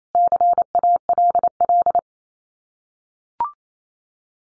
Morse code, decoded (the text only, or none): CALL